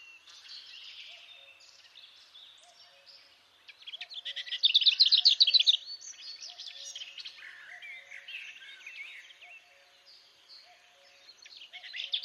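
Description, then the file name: Lesser whitethroat song: quiet scratchy warbling builds into a loud, rapid one-pitched rattle, then returns to chattering warble, with faint low hoots repeating in the background. "Fauvette babillarde"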